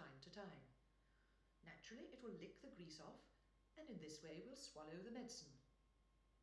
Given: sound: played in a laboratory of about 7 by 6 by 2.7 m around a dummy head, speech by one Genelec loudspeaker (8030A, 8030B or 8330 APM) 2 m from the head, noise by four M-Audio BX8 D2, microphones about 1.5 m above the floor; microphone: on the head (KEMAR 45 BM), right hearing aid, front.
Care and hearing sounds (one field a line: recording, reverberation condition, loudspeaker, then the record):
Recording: female speech in English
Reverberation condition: medium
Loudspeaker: 90 degrees to the right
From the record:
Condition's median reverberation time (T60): about 510 ms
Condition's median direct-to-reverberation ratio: about -0.5 dB